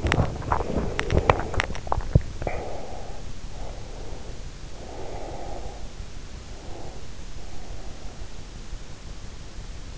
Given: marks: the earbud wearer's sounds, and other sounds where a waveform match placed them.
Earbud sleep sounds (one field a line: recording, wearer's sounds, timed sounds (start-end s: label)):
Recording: sounds in sleep by an in-ear microphone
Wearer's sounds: swallowing, breath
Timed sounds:
0.00-2.75 s: swallowing
3.47-5.86 s: breath
6.35-8.38 s: breath